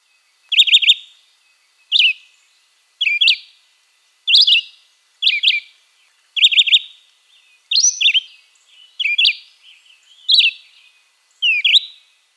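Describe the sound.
Philadelphia vireo singing a steady series of short, burry slurred phrases, about ten in twelve seconds, each slightly varied, some rising and others dropping.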